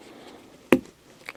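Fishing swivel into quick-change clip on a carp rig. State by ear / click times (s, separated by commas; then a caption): seated / 0.7 s. A fishing swivel on a carp rig is pulled from the bottom so it seats into a quick-change clip, small metal parts on fishing line. A sharp, bright snap sounds at 0.7 s over faint background noise, followed by a softer tick near 1.3 s. The swivel snaps into place and is seated.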